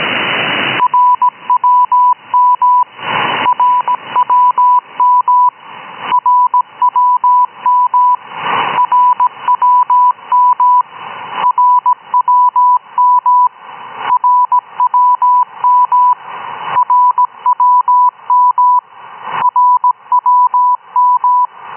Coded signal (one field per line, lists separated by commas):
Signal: Morse code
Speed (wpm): 17 wpm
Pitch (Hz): 990 Hz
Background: radio noise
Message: RWM RWM RWM RWM RWM RWM RWM RWM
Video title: RWM, accurate time signals.